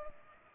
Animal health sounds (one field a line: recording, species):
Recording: mosquito wingbeat signal from an infrared sensor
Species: Culex pipiens